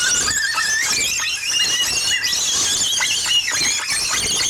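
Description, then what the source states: Parrots squealing as a flock, a dense unbroken mass of shrill, harsh screeches. 50 parrots feeding, recorded in 1977.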